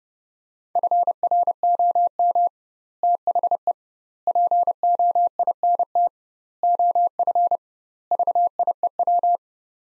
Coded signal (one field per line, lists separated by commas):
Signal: Morse code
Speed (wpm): 30 wpm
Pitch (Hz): 700 Hz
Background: none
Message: FROM THE POINT OF VIEW